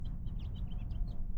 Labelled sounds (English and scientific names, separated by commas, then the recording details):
House Finch (Haemorhous mexicanus) song
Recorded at Lawrence on Long Island, New York, on 4 June 1975
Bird C